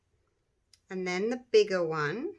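The small hour hand of a resin clock is pressed onto the clock movement's spindle, and a sharp, short click at 0.7 s marks it popping into place. The hand is seated, and then someone talks.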